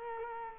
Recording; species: mosquito wingbeat signal from an infrared sensor; Culex quinquefasciatus